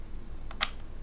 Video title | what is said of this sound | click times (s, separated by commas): Memory Upgrade on the HP Pavilion g7 Laptop | and then until you hear the click | 0.6 s